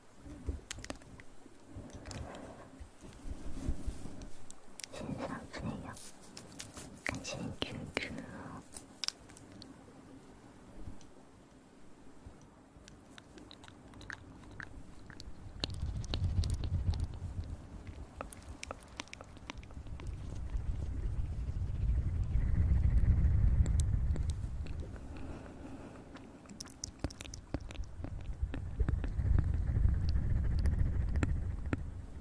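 An ear massage trigger: quick rubbing, tapping and crackling bursts crowd the first ten seconds, then thin out. From about fifteen seconds, deep muffled rubbing swells and fades in slow waves, loudest near twenty-three and thirty seconds, with lighter scratchy sounds above.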